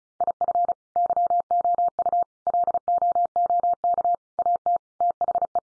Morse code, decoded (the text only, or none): IF YOU LOOK AT THE